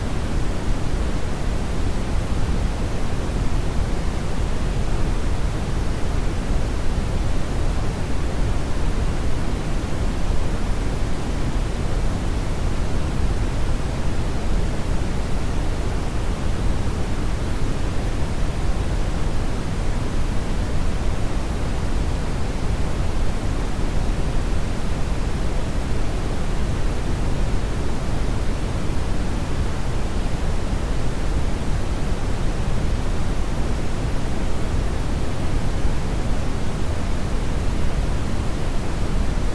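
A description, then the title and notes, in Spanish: Steady brown noise, a deep, dense rumble weighted toward the low end, unchanging in level for the whole forty seconds with no events. El ruido browniano o marrón es un sonido envolvente que se mueve en frecuencias más graves que el ruido rosa.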